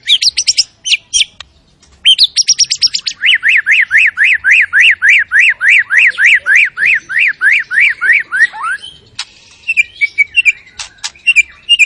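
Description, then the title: White-rumped shama song: high rapid notes, then a long series of identical rising-falling whistles delivered steadily, trailing into scattered chips and trills. Lure sound of an energetic white-rumped shama singing its full repertoire, meant to stir up other shamas. "PANCINGAN MURAI BATU. MURAI GACOR SUPER EDAN SEMUA MATERI DI KELUARIN COCOK BUAT DONGKRAK EMOSI. SHAMA BIRD"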